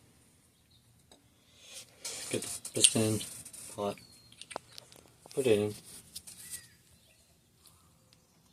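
A lubricated piston is handled and brought to the bore of a Hayes Stroker hydraulic bicycle disc brake caliper, to be pushed in past its seals, while someone talks. Soft handling ticks and taps come mostly between about 4.3 and 4.9 seconds, and nothing has seated or clicked yet.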